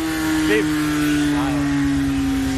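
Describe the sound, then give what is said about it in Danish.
A combustion motorcycle engine drones steadily at a low, even pitch that sinks slightly over a few seconds, holding a constant loudness throughout, with a couple of faint, brief voice-like warbles mixed in. “Prøv lige hør. Det er jo det der. Det er det, vi kan lide. Også ved at køre motorcykel.”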